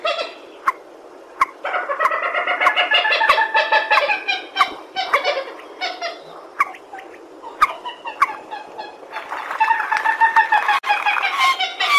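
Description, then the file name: Purple swamphen giving long, harsh, chattering cackles in two extended bouts, with scattered sharp clicks between them. "tieng trich re keu"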